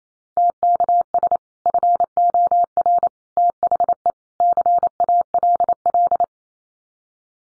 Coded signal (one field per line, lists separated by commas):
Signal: Morse code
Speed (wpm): 28 wpm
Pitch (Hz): 700 Hz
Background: none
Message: TKS FOR THE CALL